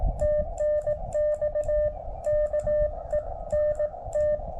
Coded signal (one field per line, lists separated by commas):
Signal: Morse code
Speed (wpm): 17 wpm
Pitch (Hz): 590 Hz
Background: none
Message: TNX KENT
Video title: 10m & 15m POTA Activation @ Reed Bingham State Park K-2195 with the Elecraft KX2 & K6ARK random wire